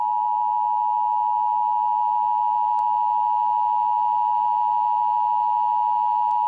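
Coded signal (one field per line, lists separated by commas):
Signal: Emergency Alert System (SAME) tones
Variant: 853 and 960 Hz attention tone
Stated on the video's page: Fictional EAS scenario, not a real alert.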